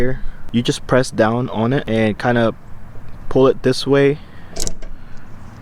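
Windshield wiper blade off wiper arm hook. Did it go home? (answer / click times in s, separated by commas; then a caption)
released / 4.6 s, 4.7 s. Someone talks while the old windshield wiper blade on a BMW F chassis is pressed down and pulled off the wiper arm hook. A quick double click sounds at 4.6 s and 4.7 s as the blade unclips and comes off the arm.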